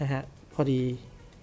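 A plastic SD Gundam model kit leg part is handled at its locking receiver on the kit's leg, about to be pushed in so it locks and follows when the leg moves. Someone talks through most of the clip, with only a faint handling tick near 1.3 s. Nothing has seated or clicked yet.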